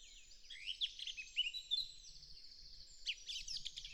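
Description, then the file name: Eurasian blackcap song, a quick jumble of warbled and whistled notes, a quieter stretch in the middle, then another short lively burst. "Sylvia atricapilla"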